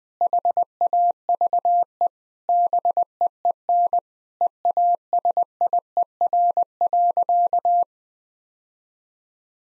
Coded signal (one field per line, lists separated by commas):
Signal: Morse code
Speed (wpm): 19 wpm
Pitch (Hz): 700 Hz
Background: none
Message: HAVE BEEN EASIER.